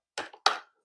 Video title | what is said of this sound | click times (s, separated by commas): Shark Apex AZ1002 Vacuum Cleaner Unboxing and Real Review | and you snap it right in so it snaps right in just like that | 0.2 s, 0.5 s